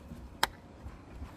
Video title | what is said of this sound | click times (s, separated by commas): Mawuli's AKA Dodge Durango GT AWD 3.6L FIRST Oil Change: Part 2 | Snaps into place. You heard it click. | 0.4 s